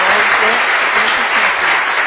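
Steady, dense applause from an audience clapping for a band, a loud continuous wash of many hands with no breaks across the whole stretch.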